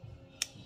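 An adjuster knob on a Summit Racing 3-way adjustable drag shock is turned by feel while the shock is pushed down and compressed. A single loud, sharp click at 0.4 s shows the adjuster has clicked in and seated. Faint low hum runs under the clip, and someone talks.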